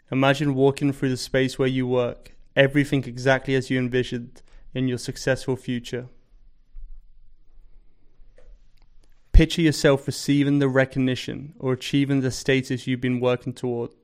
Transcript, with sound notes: Imagine walking through the space where you work, everything exactly as you've envisioned in your "successful" future. [Pause 5 seconds] Picture yourself receiving the recognition or achieving the status you've been working toward.